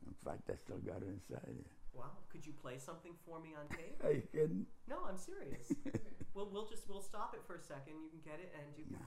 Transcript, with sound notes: In fact, I still got it inside there.
Wow. Could you play something for me on tape?
[chuckles] I couldn't.
No, I'm serious. [laughs] Well, we'll just — we'll stop it for a second. You can get it and you can play —
No.